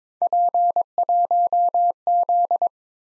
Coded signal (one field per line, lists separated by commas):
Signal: Morse code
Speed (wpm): 26 wpm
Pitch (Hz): 700 Hz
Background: none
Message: P1Z